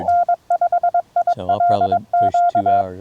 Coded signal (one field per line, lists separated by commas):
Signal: Morse code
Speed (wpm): 22 wpm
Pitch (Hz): 690 Hz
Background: speech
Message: N5ILQ